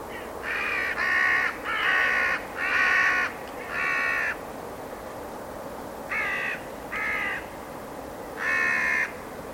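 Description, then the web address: Bird giving hoarse cawing calls, a run of four to five, then a scattered few after a short gap, over a steady background hiss. "Deverinetal 2025 File origin Bird Only"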